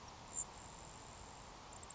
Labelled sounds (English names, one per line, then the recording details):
Grasshopper Sparrow
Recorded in Sonoma County, California